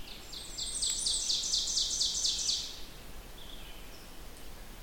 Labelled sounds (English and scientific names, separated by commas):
Ovenbird (Seiurus aurocapilla) song